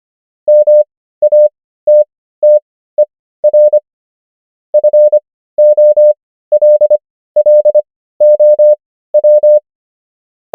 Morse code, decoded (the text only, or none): MATTER FOLLOW